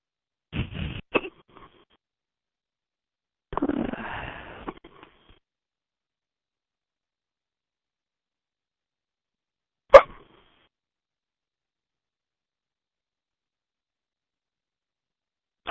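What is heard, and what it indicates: A handful of abrupt, sharp catches break an otherwise silent line during a voice chat: two quick jolts early on, a longer breathy burst, then a single crisp click about ten seconds in, with another at the very end. These sudden involuntary sounds fit an adult's ongoing hiccups.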